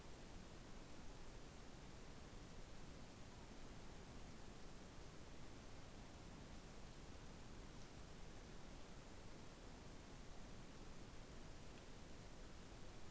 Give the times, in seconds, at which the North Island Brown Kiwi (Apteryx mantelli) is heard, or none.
none